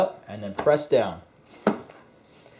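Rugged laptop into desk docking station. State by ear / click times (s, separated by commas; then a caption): seated / 1.7 s. A rugged laptop is lowered onto a desk docking station and pressed down while someone talks. A sharp click at 1.7 s marks the laptop locking into the dock, confirming it is seated.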